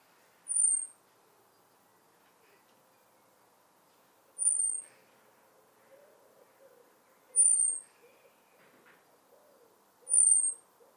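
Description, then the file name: European robin call: a thin, very high, slightly falling whistle, given four times a few seconds apart over faint background noise. "Erithacus rubecula"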